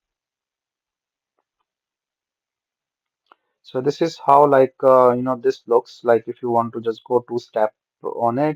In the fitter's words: you can just open it with the lock and click sound, lock this the below part, and then click it.